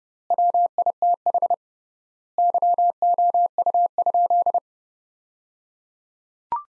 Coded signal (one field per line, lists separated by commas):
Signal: Morse code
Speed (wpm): 30 wpm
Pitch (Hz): 700 Hz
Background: none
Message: WITH YOU?